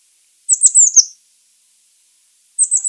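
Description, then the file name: Eurasian blue tit uttering a quick run of high, thin, falling notes, then starting the same phrase again about two seconds later. "Cyanistes caeruleus"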